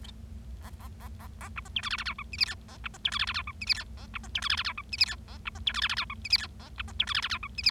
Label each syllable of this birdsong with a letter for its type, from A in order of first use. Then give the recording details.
A A A A A B C D E F F G H I J K A B C D E F F G H I J K A B C D E F F G H I J K A B C D E F F G H I J K A B C D E F F G H I J. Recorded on 25 March 2012 at 19:41. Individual gy6or6